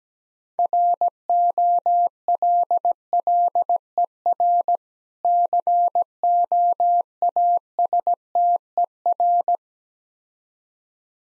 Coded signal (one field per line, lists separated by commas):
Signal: Morse code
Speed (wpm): 17 wpm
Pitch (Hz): 700 Hz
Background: none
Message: ROLLER COASTER